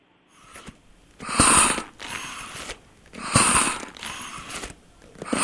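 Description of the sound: Rhythmic mechanical breathing cycles, roughly 30 a minute: a loud airy whoosh of inflation, then a quieter hissing phase before the next cycle. This is a hospital mechanical ventilator (respirator).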